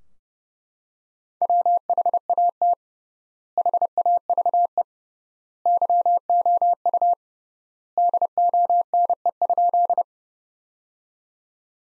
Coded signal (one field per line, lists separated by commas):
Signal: Morse code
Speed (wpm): 30 wpm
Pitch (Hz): 700 Hz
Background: none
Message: WHAT HAVE YOU DONE?